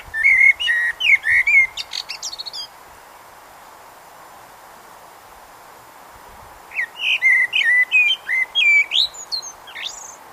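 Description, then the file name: Eurasian blackbird sings two warbled whistle phrases, each finishing in rapid high twittering, separated by several seconds of quiet. "Turdus merula"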